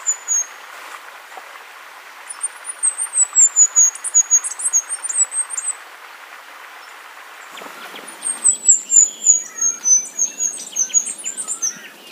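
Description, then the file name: Bluish flowerpiercer singing long, very high, thin twittering phrases of fast pulsed notes drifting downward, separated by a pause, with faint other chirps and background hiss. "Canto do diglosa azul"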